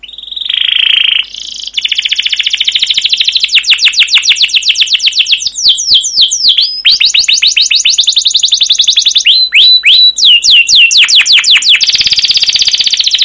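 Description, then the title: Canary song: a long rolling trill of very rapid notes after a brief opening phrase, shifting through several phrase types and downslurred chirps, loud. Long singing canary master recording used as a lure to trigger canaries to sing, described as 'cuit cuit' chirping and rolling. "CUIT CUIT NGEROL LANGSUNG GACOR PANJANG Kenari Ini AMPUH Utk Pancingan KENAR. Masteran Suara Burung Kenari Gacor Panjang cuit cuit Ngerol untuk Pancingan Kenari!"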